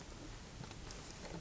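A white cable's wire terminal is handled and pushed toward the middle position of a plastic connector housing for the gear indicator and tachometer on a Caballero 125 Scrambler Deluxe. Faint broadband rustling and scraping continue throughout, with a brief louder burst at 0.9 s. Nothing has seated or clicked yet.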